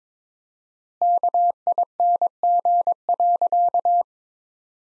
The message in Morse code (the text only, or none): KING.